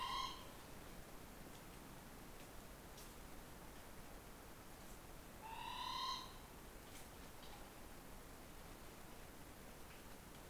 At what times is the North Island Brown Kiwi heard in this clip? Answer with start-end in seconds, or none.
none